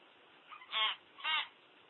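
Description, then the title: Common hill myna with two loud, harsh, buzzy calls about half a second apart, each richly layered, against a quiet hissy background. "burung beo"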